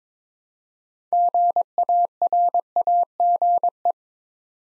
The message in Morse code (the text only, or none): GARAGE